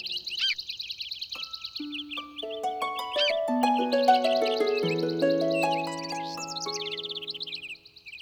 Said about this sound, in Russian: А птицы, завидев Кижавана, всегда приветствовали его радостным щебетом.